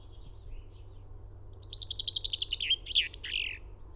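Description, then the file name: Common chaffinch song: a fast trill of sweet notes dropping in pitch, ending in a short flourish, after a faint song at the start; low background hum. "Fringilla coelebs"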